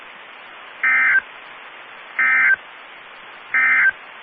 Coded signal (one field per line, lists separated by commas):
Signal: Emergency Alert System (SAME) tones